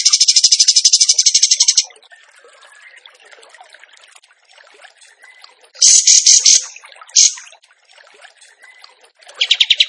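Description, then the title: Bird song of loud rapid trills in several bursts, short and long, with soft chattering and trickling sounds between them. Training recording (masteran) of a bird singing in the tembakan gacor style. "Masteran Burung Tembakan Gacor"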